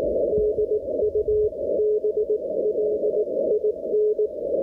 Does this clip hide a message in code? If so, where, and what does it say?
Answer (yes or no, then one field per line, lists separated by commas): yes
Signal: Morse code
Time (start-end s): 0.3-4.3 s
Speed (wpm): 18 wpm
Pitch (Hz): 420 Hz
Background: none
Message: DUBLIN